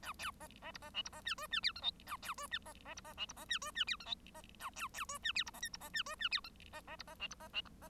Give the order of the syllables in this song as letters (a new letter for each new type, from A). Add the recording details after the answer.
A B C C D C E D C F G F H I J A B G F C C D C E D C F G F H I J C A B B G F H D C K D C F G F H I C C D C E D C E D C. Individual Bird1